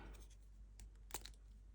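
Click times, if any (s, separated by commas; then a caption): none. A plastic part from a Fanhome Star Wars Darth Vader model kit (stage 6) is lined up by its cut-off corner and pushed through into the figure's body panel. Only light handling taps and scrapes are heard, with small ticks around 0.8, 1.1 and 1.3 s. The part has not seated or clicked into place yet.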